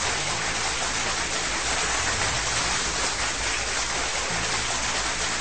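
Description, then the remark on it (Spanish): Dense, steady applause for the day's second winner fills the whole stretch, a continuous hiss of many hands clapping at an even loudness, with no voices heard over it. “tengo el placer de darle un aplauso. Si tenemos aplausos por ahí, a nuestro segundo ganador del día,”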